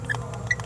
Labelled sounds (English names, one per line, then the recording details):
Green-rumped Parrotlet babbling
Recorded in a nest box in Venezuela
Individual 18B17A3